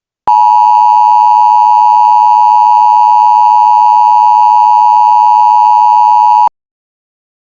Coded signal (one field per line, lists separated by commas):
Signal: Emergency Alert System (SAME) tones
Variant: 853 and 960 Hz attention tone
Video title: EAS SCENARIO- ULTIMATE MASSACRE